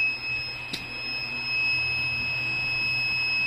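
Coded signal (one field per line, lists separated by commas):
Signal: beep code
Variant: inverter buzzer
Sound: a continuous high-pitched buzzer tone with no gaps, plus one short click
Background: low hum, room noise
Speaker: बैकअप भी आ रहा है। . लेकिन इस बाजार है हमेशा बजता रहता है। बाजार को देखिए। हमेशा बीप करता रहता है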